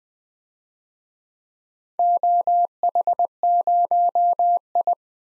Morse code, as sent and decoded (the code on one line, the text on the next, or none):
--- .... ----- ..
OH0I